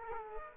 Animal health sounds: mosquito wingbeat signal from an infrared sensor; Aedes aegypti

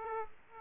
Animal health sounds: mosquito wingbeat signal from an infrared sensor; Aedes aegypti

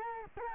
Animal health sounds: mosquito wingbeat signal from an infrared sensor; Culex quinquefasciatus

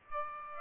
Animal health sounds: mosquito wingbeat signal from an infrared sensor; Aedes aegypti

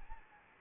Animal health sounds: mosquito wingbeat signal from an infrared sensor; Anopheles gambiae

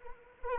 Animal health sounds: mosquito wingbeat signal from an infrared sensor; Anopheles arabiensis

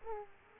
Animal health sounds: mosquito wingbeat signal from an infrared sensor; Aedes aegypti

